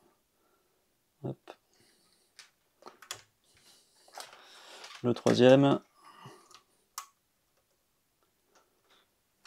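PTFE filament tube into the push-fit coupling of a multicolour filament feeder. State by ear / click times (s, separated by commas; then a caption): seated / 7.0 s. A PTFE filament tube is pushed into the push-fit coupling on the multicolour filament unit (ACE Pro) of an Anycubic Kobra 3 Combo 3D printer. Someone talks while a few light taps and handling noises are heard, then a short, sharp click at 7.0 s shows the tube is gripped and connected inside.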